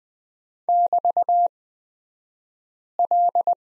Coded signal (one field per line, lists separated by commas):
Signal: Morse code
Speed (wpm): 20 wpm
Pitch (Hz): 700 Hz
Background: none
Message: <BT>L